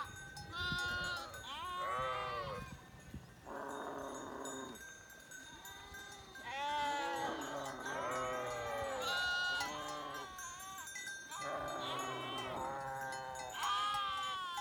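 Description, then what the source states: Sheep bleating, many overlapping wavering bleats from several animals, some long and quavering, others short, nearly continuous throughout with a steady faint tone beneath. September 2021.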